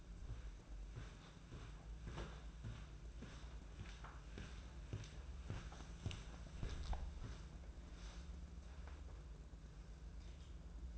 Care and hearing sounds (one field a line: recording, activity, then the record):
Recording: daily activity, microphone in the room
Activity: walk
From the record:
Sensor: 2